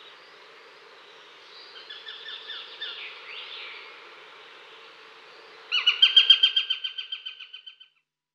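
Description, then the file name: Eurasian sparrowhawk alarm call, softer chattering notes first, then a loud quick series of harsh repeated notes that fades away after two seconds. Female Eurasian sparrowhawk giving alarm calls at the nest. "krahujec obecny varovani samice u hnizda"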